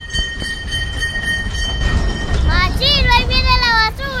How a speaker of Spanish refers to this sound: Los modernos camiones recolectores encienden sus motores a las 6 de la mañana para iniciar su recorrido por los barrios de la ciudad de Matagalpa.